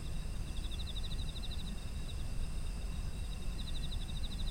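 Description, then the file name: Insects trilling: two bursts of fast, evenly pulsed chirps over a constant shrill insect drone and low rumbling noise. Ambient sound of autumn insects. "秋の虫の環境音"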